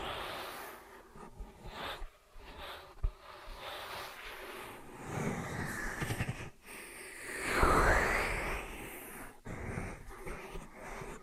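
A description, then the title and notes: Soft rubbing and rustling from an ear and scalp massage, with fingers brushing and scratching in uneven strokes. The texture thickens around the middle and swells loudest near the eighth second with a brief squeaky scrape, broken by short silent pauses. ASMR Ear & Scalp Massage and Cleaning Before Sleep (No Talking).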